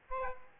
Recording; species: mosquito wingbeat signal from an infrared sensor; Aedes albopictus